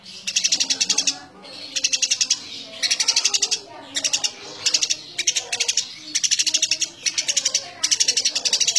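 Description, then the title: Eurasian tree sparrow chattering steadily with tightly packed high chirp bursts roughly every second, over softer lower twittering. Sparrow in full, vigorous voice giving dense, rapid nyecret chattering. "Burung Gereja Gacor Nyecret Rapat"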